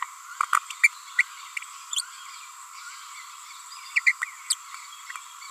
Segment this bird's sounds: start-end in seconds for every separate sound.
0.40-0.42, 0.83-0.87, 1.18-1.22, 1.96-2.02, 3.96-4.00, 4.06-4.12, 4.22-4.24, 4.50-4.53